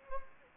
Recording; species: mosquito wingbeat signal from an infrared sensor; Anopheles gambiae